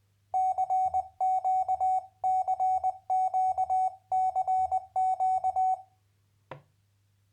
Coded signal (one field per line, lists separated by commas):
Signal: Morse code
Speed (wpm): 22 wpm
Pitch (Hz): 750 Hz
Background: none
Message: CQCQCQ